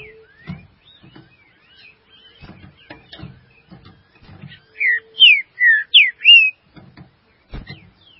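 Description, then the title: Green-winged saltator song: a phrase of five loud, clear whistles, downslurred and rising, following softer faint whistles and light clicking in the background. "Trinca Ferro"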